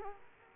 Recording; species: mosquito wingbeat signal from an infrared sensor; Culex quinquefasciatus